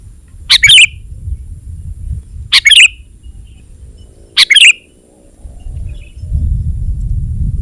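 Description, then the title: Sooty-headed bulbul giving three short, sharp chirped phrases about two seconds apart, then a pause as low background rumble grows louder. "kutilang"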